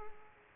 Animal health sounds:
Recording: mosquito wingbeat signal from an infrared sensor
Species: Culex quinquefasciatus

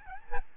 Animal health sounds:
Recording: mosquito wingbeat signal from an infrared sensor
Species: Aedes albopictus

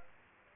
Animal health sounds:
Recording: mosquito wingbeat signal from an infrared sensor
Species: Aedes aegypti

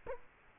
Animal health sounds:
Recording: mosquito wingbeat signal from an infrared sensor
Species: Culex quinquefasciatus

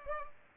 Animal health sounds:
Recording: mosquito wingbeat signal from an infrared sensor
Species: Culex pipiens

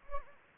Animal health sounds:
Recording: mosquito wingbeat signal from an infrared sensor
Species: Anopheles gambiae

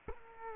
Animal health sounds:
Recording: mosquito wingbeat signal from an infrared sensor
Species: Culex quinquefasciatus

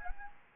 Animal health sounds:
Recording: mosquito wingbeat signal from an infrared sensor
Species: Anopheles gambiae

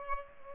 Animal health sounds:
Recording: mosquito wingbeat signal from an infrared sensor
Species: Aedes aegypti

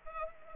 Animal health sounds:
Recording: mosquito wingbeat signal from an infrared sensor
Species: Culex pipiens

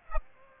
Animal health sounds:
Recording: mosquito wingbeat signal from an infrared sensor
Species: Aedes aegypti

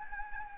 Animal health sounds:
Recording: mosquito wingbeat signal from an infrared sensor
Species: Anopheles gambiae

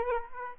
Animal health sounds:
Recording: mosquito wingbeat signal from an infrared sensor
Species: Aedes aegypti

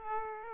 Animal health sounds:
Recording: mosquito wingbeat signal from an infrared sensor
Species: Aedes aegypti

